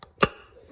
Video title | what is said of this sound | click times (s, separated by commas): W212 Mercedes E350 Oil Change (2014-2016) | you put this one in just make sure you hear the click | 0.2 s